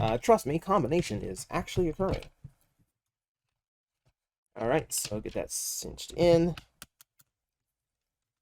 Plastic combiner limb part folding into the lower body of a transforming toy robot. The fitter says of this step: that folded in there's a click I wanted all right